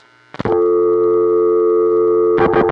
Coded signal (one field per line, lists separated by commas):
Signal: telephone call progress tone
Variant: North America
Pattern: dial tone